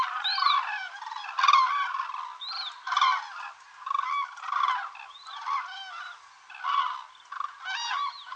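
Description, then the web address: Cranes giving rolling, bugling calls together in a continuous chorus, some notes rising and falling, with loud peaks about every second or two. "bird crane"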